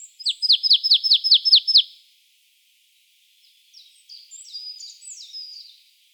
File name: Poecile palustris